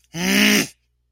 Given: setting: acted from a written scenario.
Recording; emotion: vocal sound without words; anger